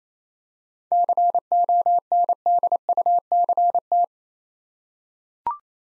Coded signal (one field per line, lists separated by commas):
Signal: Morse code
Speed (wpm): 27 wpm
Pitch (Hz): 700 Hz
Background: none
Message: CONDUCT